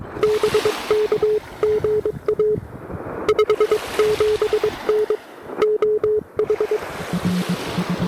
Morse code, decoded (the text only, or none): BK GA 57N OH